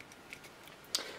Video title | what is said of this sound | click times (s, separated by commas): Let's Build Halo Universe Wave 2 Imperial Grunt | a little bit of pressure till you feel it click and dere | 1.0 s